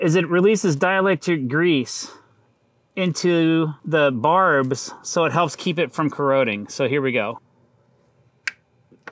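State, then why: Seated. Someone talks, then twists a plastic screw cap onto the body of a low-voltage lighting wire connector clipped over the cable. A sharp click at 8.5 s marks the cap seating and releasing dielectric grease into the barbs to keep them from corroding. A fainter tick follows near 9.1 s, and the cap is locked in.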